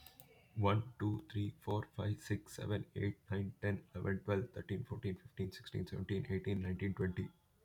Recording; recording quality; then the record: counting at a fast pace; excellent, no background noise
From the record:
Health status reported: healthy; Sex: male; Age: 18 years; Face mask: not worn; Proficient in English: yes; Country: India